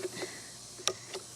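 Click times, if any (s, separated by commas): 0.9 s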